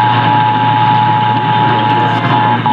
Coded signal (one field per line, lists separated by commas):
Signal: Emergency Alert System (SAME) tones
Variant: 853 and 960 Hz attention tone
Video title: Iowa RMTs on WHO and KXEL (2/2/22)(EAS 1073-1074)